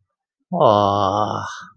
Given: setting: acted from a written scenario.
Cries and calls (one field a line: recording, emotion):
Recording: vocal sound without words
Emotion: adoration